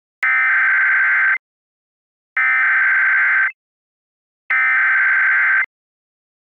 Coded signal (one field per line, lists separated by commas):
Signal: Emergency Alert System (SAME) tones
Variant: header bursts